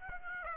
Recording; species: mosquito wingbeat signal from an infrared sensor; Aedes aegypti